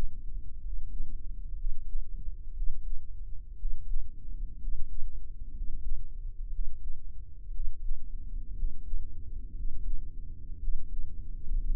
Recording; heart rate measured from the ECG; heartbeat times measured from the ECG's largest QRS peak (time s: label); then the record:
heart sounds by microphone in the right ear; 60 bpm
0.58 s: heartbeat
1.52 s: heartbeat
2.50 s: heartbeat
3.54 s: heartbeat
4.56 s: heartbeat
5.49 s: heartbeat
6.47 s: heartbeat
7.48 s: heartbeat
8.51 s: heartbeat
9.51 s: heartbeat
10.56 s: heartbeat
11.58 s: heartbeat
From the record:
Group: healthy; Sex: male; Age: 23 years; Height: 178 cm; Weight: 96.6 kg